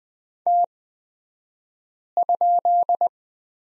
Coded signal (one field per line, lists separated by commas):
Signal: Morse code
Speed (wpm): 20 wpm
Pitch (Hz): 700 Hz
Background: none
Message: T?